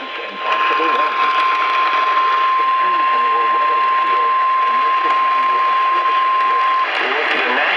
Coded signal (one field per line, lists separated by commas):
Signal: Emergency Alert System (SAME) tones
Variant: 1050 Hz attention tone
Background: speech